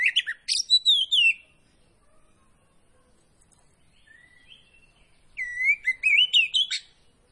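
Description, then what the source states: Magpie-robin song: a warbled phrase of slurred whistles, a few soft notes in a long pause, then another rising, twittering phrase. Kacer poci variety, singing vigorously (gacor).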